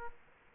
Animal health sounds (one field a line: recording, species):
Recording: mosquito wingbeat signal from an infrared sensor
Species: Aedes aegypti